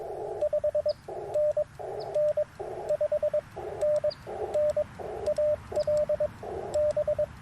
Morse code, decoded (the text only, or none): 5NN 5NN AL B